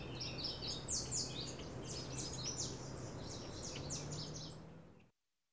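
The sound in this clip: Birds chirping: busy overlapping high twittering and sharp chirps throughout, over a low steady hum, ending abruptly in silence.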